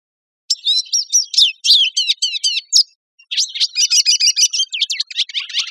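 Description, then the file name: Lesser goldfinch producing two rapid bursts of high, varied chirps, trills and slurred whistles separated by a short gap. Costa Rica, 2 August 2006. "CR LEGO 060802"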